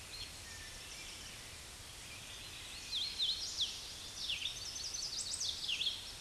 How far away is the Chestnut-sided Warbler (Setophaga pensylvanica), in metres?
about 55 m